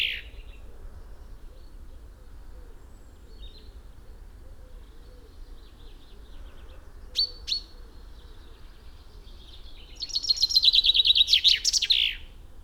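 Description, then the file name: Common chaffinch song: a few scattered high notes and two sharp chips, then near the end a full trill ending in a flourish. "Fringilla coelebs"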